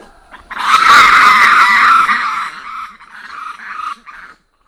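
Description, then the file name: Black lemur giving a loud, harsh, drawn-out screaming call that weakens into shorter hoarse bursts before stopping. Ambato, Madagascar. "Emacaco Ambato"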